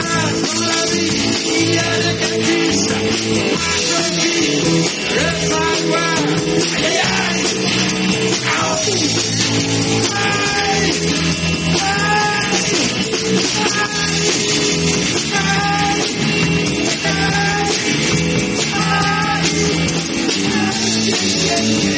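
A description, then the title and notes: Concert ambience with loud amplified music playing throughout, thick and steady with no pauses. A deep bass line and held chords fill the low end while a singing or lead melody wavers above, and bright cymbal wash stays on top the whole time. Ambiance du concert.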